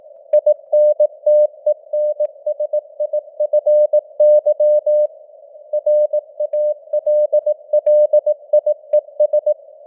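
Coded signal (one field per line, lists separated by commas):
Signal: Morse code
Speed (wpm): 18 wpm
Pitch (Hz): 600 Hz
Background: none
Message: INTENSIFY RALLIES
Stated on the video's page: Simulated Morse news headlines at 18 wpm with simulated radio noise and varying signal strength (QSB).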